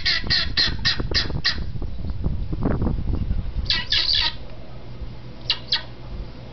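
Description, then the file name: Helmeted guineafowl calling with rapid harsh cackling notes in a quick series, a pause filled by low rumbling noise, then further short bursts of the same grating calls. "canto da galinha da angola"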